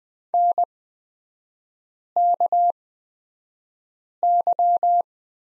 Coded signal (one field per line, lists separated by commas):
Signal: Morse code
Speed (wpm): 20 wpm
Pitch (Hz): 700 Hz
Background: none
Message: NKY